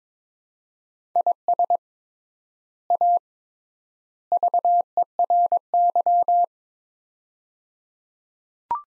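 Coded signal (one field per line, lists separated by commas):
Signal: Morse code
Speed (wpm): 22 wpm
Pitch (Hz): 700 Hz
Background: none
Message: IS A VERY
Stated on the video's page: Morse practice drill of three-word sets at 22 wpm with 3x word spacing, akin to Farnsworth.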